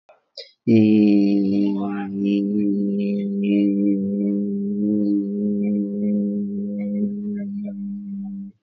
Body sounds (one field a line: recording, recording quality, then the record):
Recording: sustained vowel as in beet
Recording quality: excellent, no background noise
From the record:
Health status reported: healthy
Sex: male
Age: 29 years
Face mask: not worn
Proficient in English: yes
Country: India